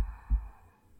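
A single dull, low thump in about a second of quiet: an adult heartbeat heard up close to the chest.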